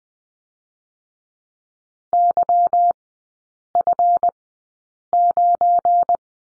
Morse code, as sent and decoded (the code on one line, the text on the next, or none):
-.-- ..-. ----.
YF9